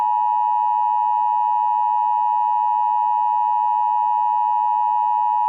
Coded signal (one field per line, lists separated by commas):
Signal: Emergency Alert System (SAME) tones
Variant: 853 and 960 Hz attention tone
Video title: EAS Scenario #1: WW3 Part 1: The Buildup